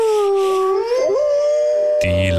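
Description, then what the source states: Wolf howling, a long smooth tone that dips slightly then rises and holds steady, ending with a brief burst of harsh noise. Recorded in the morning.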